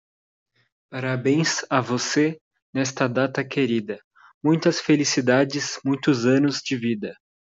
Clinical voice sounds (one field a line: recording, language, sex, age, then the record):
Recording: short text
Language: Brazilian Portuguese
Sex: male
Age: 20 to 29 years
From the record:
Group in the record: control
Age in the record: 22 years